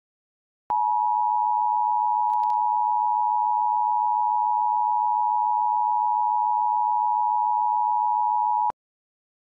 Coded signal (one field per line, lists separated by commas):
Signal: Emergency Alert System (SAME) tones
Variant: 853 and 960 Hz attention tone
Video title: EAS Mock 7: Texas RMT with MHZ SubAlert Screen